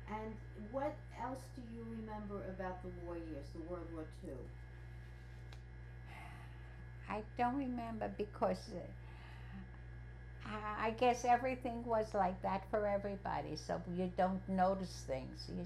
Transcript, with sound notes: And what else do you remember about the war years, the World War II?
[Sighs] I don't remember because I guess everything was like that for everybody, so you don't notice things.